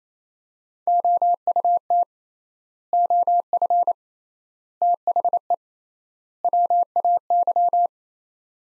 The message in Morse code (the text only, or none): OUT OF THE WAY